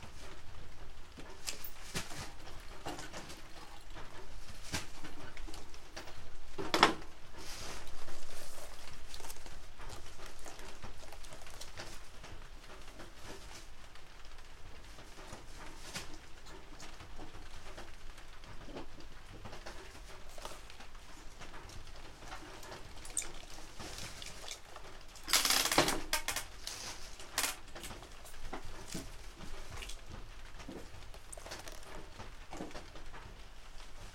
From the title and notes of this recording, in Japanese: 出荷日の昼下がり。収穫してきたネギの調整作業中(皮むき、葉落とし、軽量、束にする)。